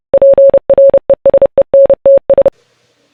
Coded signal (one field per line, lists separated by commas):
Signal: Morse code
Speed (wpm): 30 wpm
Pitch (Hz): 550 Hz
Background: none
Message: PRESENTS